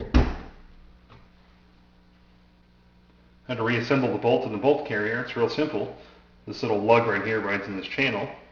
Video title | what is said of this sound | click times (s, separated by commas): AK-47 Szétszedés és összerakás | it slides back down and pops into place | 0.1 s